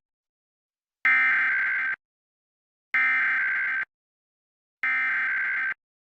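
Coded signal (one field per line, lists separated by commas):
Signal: Emergency Alert System (SAME) tones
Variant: header bursts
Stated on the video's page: Pennsylvania EAS Required Monthly Test received over the air from an NBC television station in Philadelphia.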